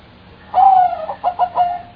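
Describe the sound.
Bird giving a cooing phrase: one long mellow note, then several brief pulsed coos in quick succession, with quiet hiss behind.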